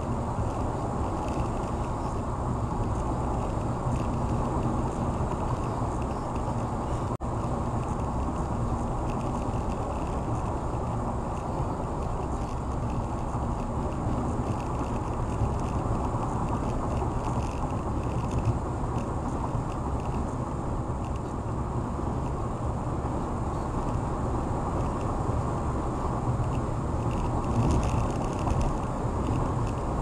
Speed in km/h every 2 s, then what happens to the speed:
101, 101, 101, 105, 105, 106, 108, 109, 111, 111, 113, 113, 113, 113, 113.
0-30 speeds up to 113.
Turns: none.